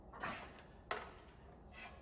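A torque wrench tightens a flywheel bolt during a manual conversion on a VL Commodore, with faint metallic contact sounds at about 0.2 s, a sharp tap at 0.9 s and a softer one at 1.3 s. The wrench has not clicked yet, so the bolt is not confirmed at torque and needs checking again.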